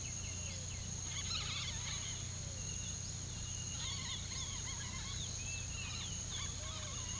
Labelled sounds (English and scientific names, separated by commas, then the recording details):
White-winged Becard (Pachyramphus polychopterus), Dusky-headed Parakeet (Aratinga weddellii), Yellow-crowned Tyrannulet (Tyrannulus elatus)
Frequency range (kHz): White-winged Becard (Pachyramphus polychopterus) 1.5-3.6 kHz; Yellow-crowned Tyrannulet (Tyrannulus elatus) 1.8-3.4 kHz
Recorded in pastures near Puerto Asís, Putumayo, Colombia, on 18 February 2024 at 07:00
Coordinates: 0.486, -76.323
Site G6462